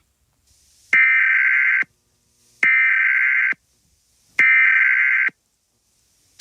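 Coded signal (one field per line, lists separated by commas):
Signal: Emergency Alert System (SAME) tones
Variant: header bursts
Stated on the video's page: Fictional EAS scenario.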